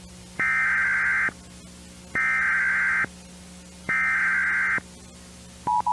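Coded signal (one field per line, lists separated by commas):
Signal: Emergency Alert System (SAME) tones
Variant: header bursts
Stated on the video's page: Fictional alien invasion scenario using an Emergency Action Notification.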